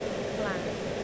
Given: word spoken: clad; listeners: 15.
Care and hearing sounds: one English word in noise, from a listening test; speech-shaped noise; -5.4 dB; 0 of 15; 6 of 15; 0.64 s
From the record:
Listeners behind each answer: 6, 3, 2, 1, 1, 1, 1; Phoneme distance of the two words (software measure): 20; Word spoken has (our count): 1 syllable, 4 phonemes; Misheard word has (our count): 1 syllable, 4 phonemes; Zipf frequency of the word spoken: 3.32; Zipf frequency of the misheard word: 5.20

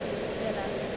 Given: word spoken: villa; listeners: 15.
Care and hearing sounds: one English word in noise, from a listening test; speech-shaped noise; -5.4 dB; 2 of 15; 8 of 15; 0.57 s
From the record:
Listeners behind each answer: 8, 2, 2, 1, 1, 1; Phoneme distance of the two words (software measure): 10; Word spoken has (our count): 2 syllables, 4 phonemes, stress on syllable 1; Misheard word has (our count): 2 syllables, 4 phonemes, stress on syllable 1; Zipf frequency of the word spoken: 4.05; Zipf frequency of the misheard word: 3.54

